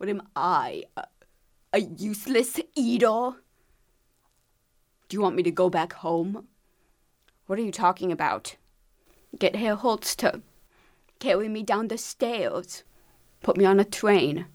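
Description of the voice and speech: An adult woman speaks in short, choppy phrases separated by long pauses, with some stretched vowels and effortful phrasing: an acted portrayal of the speech of a character who has cerebral palsy and whose speech is affected, performed in a stage scene.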